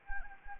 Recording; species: mosquito wingbeat signal from an infrared sensor; Anopheles arabiensis